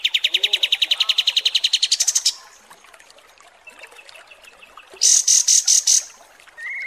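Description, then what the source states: Kapas tembak trill: quick staccato pulses for two seconds, then a pause and a burst of five loud high chirps, ending with a short whistled note. Masteran tutor song for training cage birds, described as deluxe (mewah).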